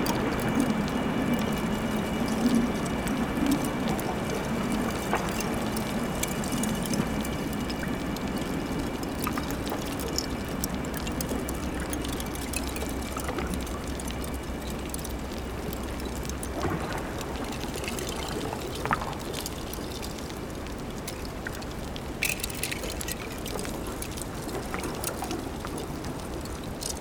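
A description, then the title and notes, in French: Underwater in a cove, a steady low rumble and watery churning fill the recording, with faint crackles and brief clicks throughout. Plongée d'hydrophones dans une crique de St-Paul, une des îles Pribilof, dans la mer de Béring qui, la nuit, se glace. Sous la couche gelée, craquettent des crevettes-pistolet. L'eau solide travaille, gronde, chante.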